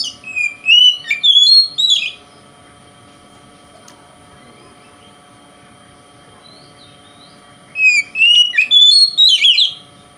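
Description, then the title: Oriental magpie-robin giving a short burst of whistled, twisting notes, then a long silent gap before a second similar phrase. Indonesian name kacer; song style called konslet, said to provoke other magpie-robins. "Kacer Konslet Bikin Kacer Lain"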